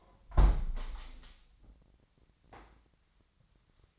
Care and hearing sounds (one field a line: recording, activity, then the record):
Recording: daily activity, microphone in the room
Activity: close window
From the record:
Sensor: 3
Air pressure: 998.0 hPa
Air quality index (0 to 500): 129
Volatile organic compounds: 3 ppm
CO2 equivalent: 1532 ppm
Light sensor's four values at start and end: 14/42/17/16 and 15/42/17/16